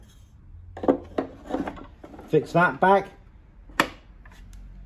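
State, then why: Seated. A small velvet-lined secret drawer is pushed back into an antique wooden campaign chest while someone talks, with a few light knocks and scrapes early on. It latches with a sharp click at 3.8 s, seating the drawer in place.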